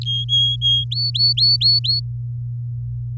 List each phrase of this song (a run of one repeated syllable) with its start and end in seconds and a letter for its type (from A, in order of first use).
0.01-0.84 A, 0.91-2.00 B